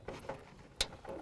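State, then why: Seated. A plastic drain tube, with washers on its base, is pushed onto the outlet in the bottom of the drain canister of a GatorTrax tonneau cover on a 2016 Toyota Tacoma truck bed. Softer ratcheting sounds come before and after a sharp, bright click at 0.8 s, when the tube seats in the canister outlet and is installed.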